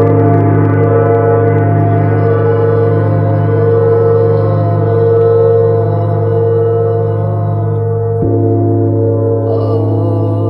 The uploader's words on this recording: 30-Day Neptune Gong Challenge.